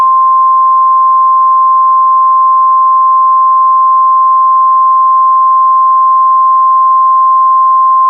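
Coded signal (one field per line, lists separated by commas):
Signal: Emergency Alert System (SAME) tones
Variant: 1050 Hz attention tone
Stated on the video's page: Severe Thunderstorm Warning heard on an online NOAA Weather Radio stream.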